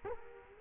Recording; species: mosquito wingbeat signal from an infrared sensor; Culex quinquefasciatus